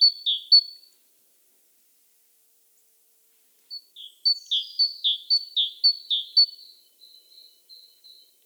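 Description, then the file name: Great tit giving a few quick high-low notes, falling silent for a few seconds, then about five more high-low pairs that trail into softer thin notes. "Parus major"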